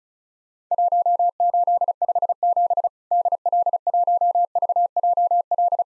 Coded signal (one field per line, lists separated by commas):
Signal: Morse code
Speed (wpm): 36 wpm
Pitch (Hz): 700 Hz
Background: none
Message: 1857 DL1VJL